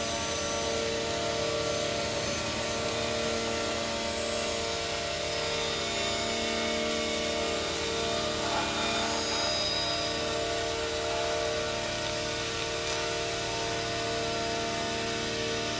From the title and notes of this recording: The signals were captured with the use of an EM coil pick up. Recordings of EM signals produced by a Piccadilly Line tube train travailing between Green Park and Holborn stations.